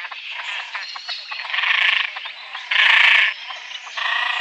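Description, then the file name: Great crested grebe giving continuous rough, grating calls with louder drawn-out rasping bursts repeated every second or so. "Skaggdopping"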